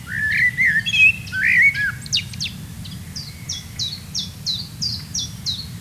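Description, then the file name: Common blackbird song: low fluted warbling phrases followed by a squeaky twitter, with another bird repeating short high notes in a steady series and a low background rumble. "Turdus merula"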